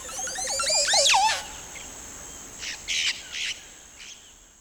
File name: Montezuma Oropendola (Psarocolius montezuma)